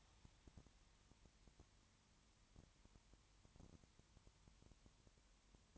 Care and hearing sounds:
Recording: daily activity, microphone in the room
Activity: no activity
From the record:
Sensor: 3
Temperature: 21.1 degrees Celsius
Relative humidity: 37.0%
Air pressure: 1010.6 hPa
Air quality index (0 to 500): 204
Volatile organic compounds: 31 ppm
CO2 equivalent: 2972 ppm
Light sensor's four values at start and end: 2/3/2/2 and 2/3/2/2

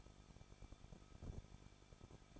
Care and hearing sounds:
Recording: daily activity, microphone in the room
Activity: no activity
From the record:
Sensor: 5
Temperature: 20.9 degrees Celsius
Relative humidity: 38.3%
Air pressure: 1006.4 hPa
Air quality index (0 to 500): 189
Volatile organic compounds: 19 ppm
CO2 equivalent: 2662 ppm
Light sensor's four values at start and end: 2/3/1/1 and 2/3/1/1

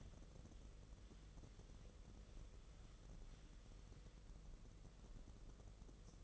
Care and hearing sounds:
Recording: daily activity, microphone in the room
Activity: wipe stove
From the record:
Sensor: 4

